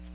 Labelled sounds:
Ovenbird flight call

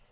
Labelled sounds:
Lucy's Warbler flight call

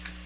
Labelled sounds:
Chestnut-sided Warbler flight call

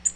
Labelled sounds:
Tennessee Warbler flight call

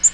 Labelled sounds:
Black-throated Green Warbler flight call

